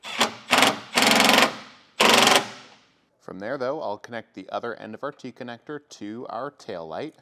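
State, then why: Not seated. The other end of a plastic Curt T-connector wiring harness plug is handled at the tail light connector of a 2024 Ford Maverick, with several loud bursts of rustling, scraping noise in the first two and a half seconds. After a short pause, someone talks. Nothing has seated or clicked yet.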